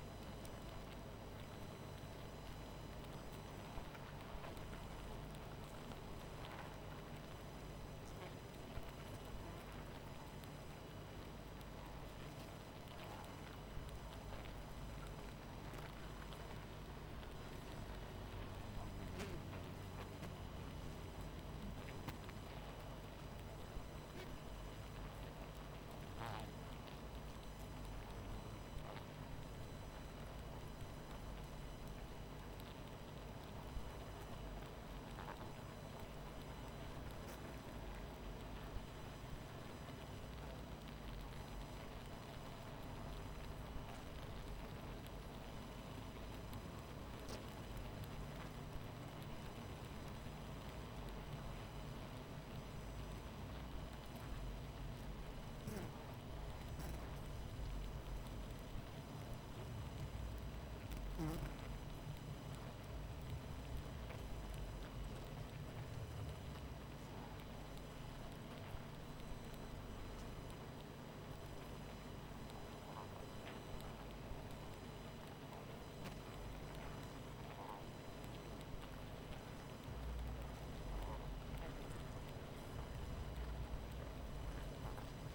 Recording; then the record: honeybee colony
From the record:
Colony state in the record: missing queen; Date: 14 July 2017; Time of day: 23:30